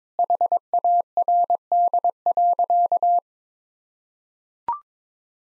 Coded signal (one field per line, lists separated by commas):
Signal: Morse code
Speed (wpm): 22 wpm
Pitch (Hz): 700 Hz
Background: none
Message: HARD.